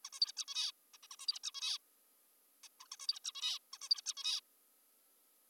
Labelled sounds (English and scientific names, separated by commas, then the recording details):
Zebra Finch (Taeniopygia guttata)
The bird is an adult
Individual g19o3U